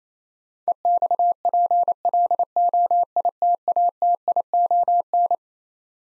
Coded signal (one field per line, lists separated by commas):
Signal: Morse code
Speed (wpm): 28 wpm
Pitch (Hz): 700 Hz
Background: none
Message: EXPLOITATION